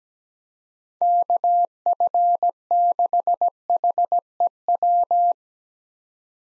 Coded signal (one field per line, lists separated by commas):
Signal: Morse code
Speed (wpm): 17 wpm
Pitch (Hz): 700 Hz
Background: none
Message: KF6HEW